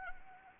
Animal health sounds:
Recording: mosquito wingbeat signal from an infrared sensor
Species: Anopheles arabiensis

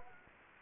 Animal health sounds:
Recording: mosquito wingbeat signal from an infrared sensor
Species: Anopheles gambiae

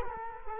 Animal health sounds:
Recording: mosquito wingbeat signal from an infrared sensor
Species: Culex quinquefasciatus

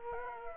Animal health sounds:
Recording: mosquito wingbeat signal from an infrared sensor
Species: Culex quinquefasciatus

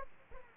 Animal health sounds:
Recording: mosquito wingbeat signal from an infrared sensor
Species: Aedes aegypti

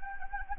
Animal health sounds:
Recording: mosquito wingbeat signal from an infrared sensor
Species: Anopheles gambiae

